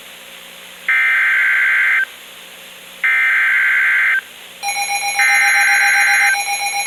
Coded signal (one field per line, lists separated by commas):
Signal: Emergency Alert System (SAME) tones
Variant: header bursts